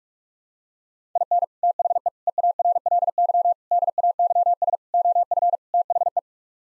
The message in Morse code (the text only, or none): IN THE EARLY DAYS OF THE